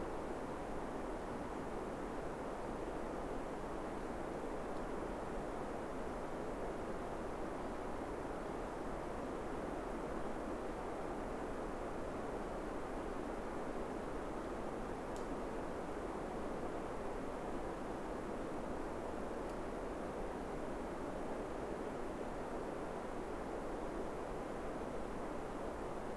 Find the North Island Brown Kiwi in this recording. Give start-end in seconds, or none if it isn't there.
none